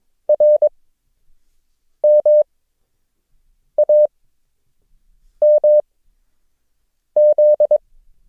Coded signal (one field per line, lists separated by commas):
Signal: Morse code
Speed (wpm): 22 wpm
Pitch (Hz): 600 Hz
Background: none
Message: RMAMZ